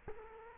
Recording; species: mosquito wingbeat signal from an infrared sensor; Culex quinquefasciatus